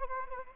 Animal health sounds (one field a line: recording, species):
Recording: mosquito wingbeat signal from an infrared sensor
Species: Anopheles arabiensis